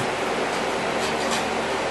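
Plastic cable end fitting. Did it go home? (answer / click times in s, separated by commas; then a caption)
no / none. The hood release cable end fitting on a 1998 Honda Civic is lined up in its mounting bracket before being pushed home. Only a steady broadband hiss is heard for two seconds, with no distinct transients. The fitting has not snapped into place yet.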